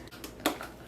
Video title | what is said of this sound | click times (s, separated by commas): REVIEW LOREAL COLORSONIC / FAV OR FAIL | we should hear a click | 0.5 s